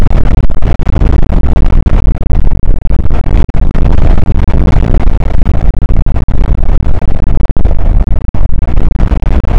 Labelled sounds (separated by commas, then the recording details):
wind
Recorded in the Prudhoe Bay oil fields, Alaska, on 8 May 2019 at 00:06
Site 24